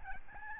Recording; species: mosquito wingbeat signal from an infrared sensor; Aedes albopictus